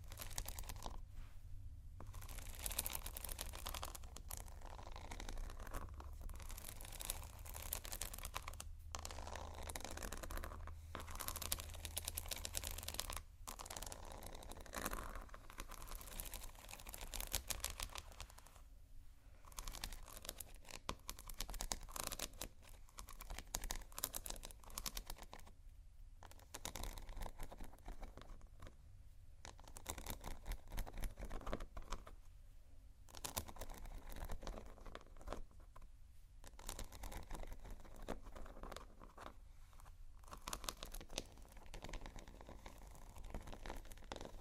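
Slow scratching and tapping on textured surfaces, dry rustling strokes with brief pauses every few seconds, over a constant low hum.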